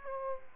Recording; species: mosquito wingbeat signal from an infrared sensor; Aedes aegypti